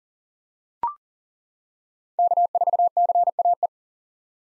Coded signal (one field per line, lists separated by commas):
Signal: Morse code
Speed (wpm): 40 wpm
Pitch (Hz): 700 Hz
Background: none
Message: K4CAE